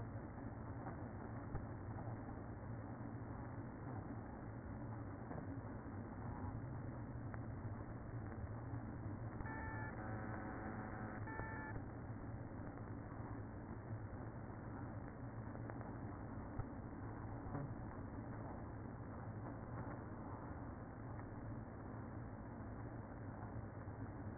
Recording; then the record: honeybee colony, microphone inside the hive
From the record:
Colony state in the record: queen present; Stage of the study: after two queens were removed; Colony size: about 60,000 bees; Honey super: yes